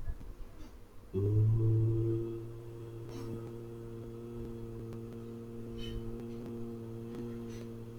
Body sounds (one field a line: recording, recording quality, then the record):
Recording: sustained vowel as in boot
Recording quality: moderate, slight background noise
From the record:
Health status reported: healthy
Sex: male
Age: 19 years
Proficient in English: yes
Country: India